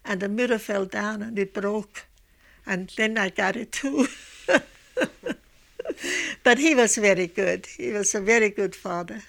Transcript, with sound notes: And the mirror fell down and it broke, and then I got it, too. ( she laughs ) But he was very good. He was a very good father.